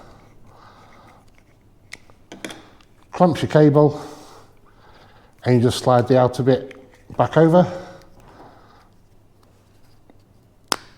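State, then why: Seated. The outer plastic shell of a mains plug is slid back over the wired plug body and pushed home while converting a UK plug to an EU plug. Someone talks over a few faint handling taps. One sharp, loud snap at 10.7 s marks the shell clicking into place.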